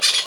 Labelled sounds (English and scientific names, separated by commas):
Brown-throated Parakeet (Eupsittula pertinax) contact call